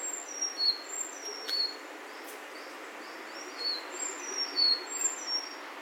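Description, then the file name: Sakhalin leaf warbler song, very high thin notes in two short phrases of rapid chirps, with a steady background hiss. Recorded in Saitama City, Japan, on 13 May 2020. "エゾムシクイ 200513 さいたま市"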